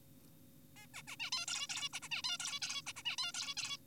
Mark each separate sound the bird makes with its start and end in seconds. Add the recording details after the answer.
0.76-0.87, 0.94-1.02, 1.08-1.16, 1.20-1.30, 1.32-1.46, 1.48-1.67, 1.70-1.89, 1.93-2.00, 2.02-2.09, 2.11-2.22, 2.24-2.38, 2.40-2.60, 2.62-2.82, 2.87-2.93, 2.96-3.03, 3.05-3.16, 3.18-3.32, 3.34-3.54, 3.57-3.77. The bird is an adult. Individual g4p5U